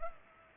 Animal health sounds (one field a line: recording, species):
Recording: mosquito wingbeat signal from an infrared sensor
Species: Culex pipiens